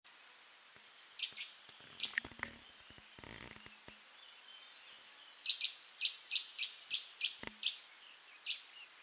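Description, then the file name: Eurasian nuthatch calls: short, sharp high notes, a few scattered early on, then a quick series of several notes near the end. "Sitta europaea"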